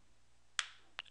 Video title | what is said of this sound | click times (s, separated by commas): HTC Touch Pro - TouchFLO 3D Part One | and it clicks into place | 0.6 s